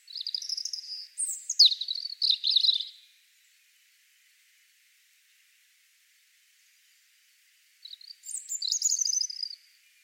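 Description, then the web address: European robin song: two high, tinkling warbled phrases, each with sharp downward slurs and trills, separated by about five seconds of silence. "Deverinetal 2025 File origin Bird Only Er Ru"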